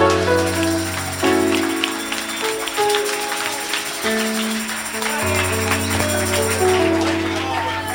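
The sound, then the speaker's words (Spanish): Steady audience applause at a live show welcoming a guest participant, a dense patter of many hands clapping, carries on for several seconds over sustained musical chords that shift partway through. “Un fuerte aplauso”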